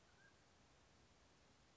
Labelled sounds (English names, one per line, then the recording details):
Mountain Quail
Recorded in Sonoma County, California